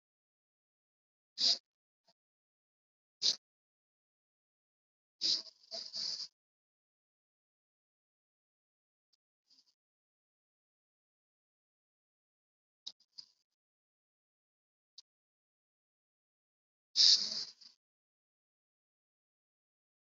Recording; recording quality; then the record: deep breathing; excellent, no background noise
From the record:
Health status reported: COVID-19 positive, moderate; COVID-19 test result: positive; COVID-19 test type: RT-PCR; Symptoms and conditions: cough, sore throat, fever, fatigue, muscle pain, loss of smell and taste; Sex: male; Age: 25 years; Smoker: no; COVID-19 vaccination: both doses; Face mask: worn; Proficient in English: no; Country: India